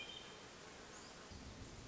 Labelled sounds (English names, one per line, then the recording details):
Hermit Thrush
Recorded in Sonoma County, California